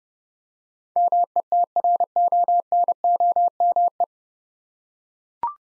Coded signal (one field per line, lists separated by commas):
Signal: Morse code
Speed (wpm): 30 wpm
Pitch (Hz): 700 Hz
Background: none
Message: METRONOME